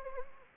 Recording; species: mosquito wingbeat signal from an infrared sensor; Anopheles arabiensis